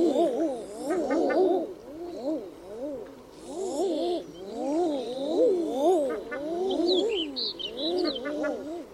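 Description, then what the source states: Chorus of common eiders, rising-and-falling moaning coos repeated without pause by several birds, with brief high squeaky calls of other birds later on. Several common eiders recorded in tundra.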